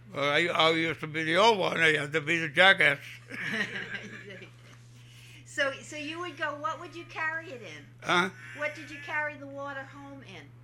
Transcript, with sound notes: I used to be the old one, I had to be the jackass. ( they laugh )
So you would go, what would you carry it in?
Huh?
What would you carry the water home in?